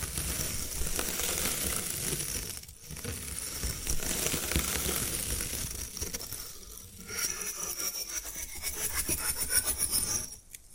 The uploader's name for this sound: Bamboo Tapping, Scratching and Brushing Sounds